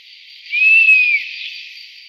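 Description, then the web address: European honey buzzard giving a single long whistle that climbs gently and then slides down, lasting under a second, over a steady hiss. "Wespenbussard. bondree apivore"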